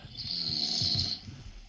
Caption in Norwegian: Det høres ut som et dyr som snorker. Det jeg som snorker.